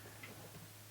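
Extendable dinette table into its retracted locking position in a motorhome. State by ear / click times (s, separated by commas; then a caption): not seated / none. An extended Corian dinette table in a 2007 Monaco Camelot 40PDQ motorhome is pushed back in toward its retracted locking position. A steady low hum runs throughout, with a brief faint tick at about 0.2 s. Nothing has seated or locked yet.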